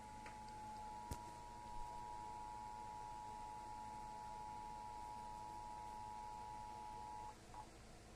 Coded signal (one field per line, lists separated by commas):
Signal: Emergency Alert System (SAME) tones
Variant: 853 and 960 Hz attention tone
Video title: Tornado Warning on ION Television (EAS #124)